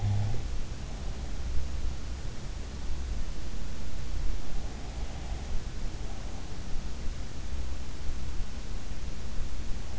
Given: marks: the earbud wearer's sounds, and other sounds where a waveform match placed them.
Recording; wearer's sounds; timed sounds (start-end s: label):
sounds in sleep by an in-ear microphone; snoring breath
0.00-0.37 s: snoring breath